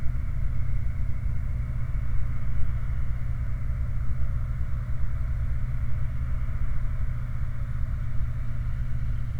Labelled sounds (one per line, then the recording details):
machinery
flare stack
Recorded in the Prudhoe Bay oil fields, Alaska, on 29 July 2019 at 04:24
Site 29